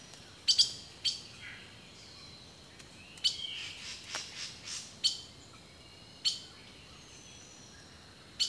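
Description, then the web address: Bird song with several loud, snappy high chips and softer warbled whistles between them, set against a steady background hiss. Rainforest birdsong. "The Natural Sounds of the Wilderness collection Echoes of Nature - Rainforest Birdsong"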